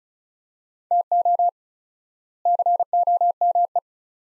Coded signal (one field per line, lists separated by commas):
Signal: Morse code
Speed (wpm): 36 wpm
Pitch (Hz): 700 Hz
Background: none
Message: TO COME